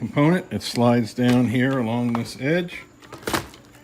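Someone talks while the lift-away motor pod of a Shark Apex DuoClean Zero-M upright vacuum is slid down along the edge of the plastic upright base, with short handling knocks around 3.3 s. The pod is being handled but has not seated or clicked into the base yet.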